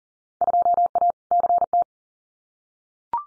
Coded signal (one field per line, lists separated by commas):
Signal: Morse code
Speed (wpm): 41 wpm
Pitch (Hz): 700 Hz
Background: none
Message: 2A CT